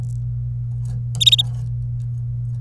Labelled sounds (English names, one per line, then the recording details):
Domestic Canary song
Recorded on 26 April 2018 at 14:17
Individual llb3